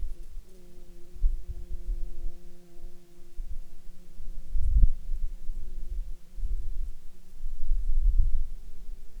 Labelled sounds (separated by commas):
wind, insects